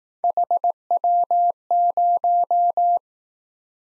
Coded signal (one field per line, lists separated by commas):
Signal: Morse code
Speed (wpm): 19 wpm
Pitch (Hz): 700 Hz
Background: none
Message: HW0